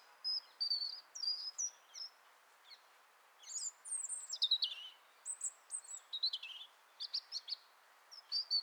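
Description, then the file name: European robin song: a steady stream of high, sweet, fluting notes and quick descending trills, phrases changing continually with brief gaps between them. "Erithacus rubecula"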